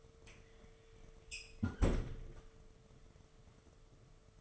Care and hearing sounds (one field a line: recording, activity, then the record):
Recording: daily activity, microphone in the room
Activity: close fridge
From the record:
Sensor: 4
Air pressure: 1015.9 hPa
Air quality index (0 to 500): 196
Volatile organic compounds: 11 ppm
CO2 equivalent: 2268 ppm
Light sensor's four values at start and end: 13/29/12/13 and 17/39/16/17